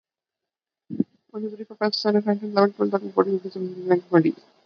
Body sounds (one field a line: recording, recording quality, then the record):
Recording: counting at a fast pace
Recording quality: poor, much background noise or distortion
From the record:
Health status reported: recovered from COVID-19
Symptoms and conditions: cold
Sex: female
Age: 25 years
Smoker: not ticked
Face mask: worn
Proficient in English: yes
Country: India